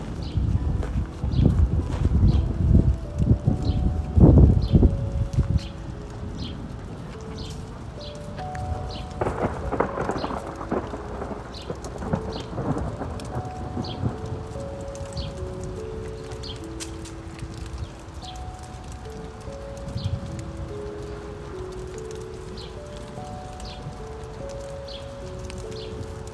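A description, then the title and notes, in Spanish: Outdoor rain ambience with birds: a high, thin chirp repeats about once a second throughout. Heavy knocking thuds crowd the first half, fading after about 13 seconds, while long, steady mid-pitched tones step up and down in the background over a soft hiss. Sonido de lluvia real aviéntales, aves y tren.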